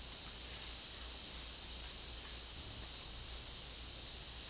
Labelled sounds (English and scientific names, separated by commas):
none